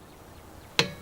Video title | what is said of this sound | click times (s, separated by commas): Proof Mechanics and Dealerships are Scamming You | and we will tighten them until they click. | 0.8 s